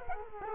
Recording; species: mosquito wingbeat signal from an infrared sensor; Culex quinquefasciatus